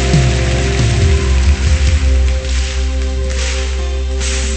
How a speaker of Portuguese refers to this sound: E aplauda o Senhor. Pode vir o que vier, Deus está comigo. Então, pode aplaudir melhor. Isso, vamos lá.